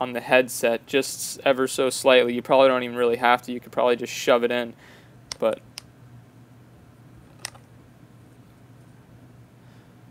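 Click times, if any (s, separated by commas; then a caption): none. A plastic headband stopper is handled at the headband slider of a pair of Sennheiser HD 380 Pro headphones, but nothing has seated or clicked into place yet. Someone talks for about the first five seconds; after that there are faint handling noises with two brief sharp ticks at about 5.8 and 7.5 seconds over a quiet hum.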